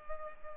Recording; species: mosquito wingbeat signal from an infrared sensor; Culex pipiens